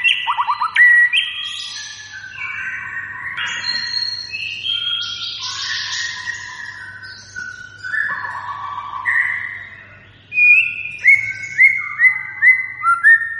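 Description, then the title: White-rumped shama singing a long run of mixed whistles and buzzy notes, ending in a series of short clear whistles; steady low hum. Lure recording of a gacor bird, singing continuously and persistently. "PANCINGAN MURAI BATU GACOR"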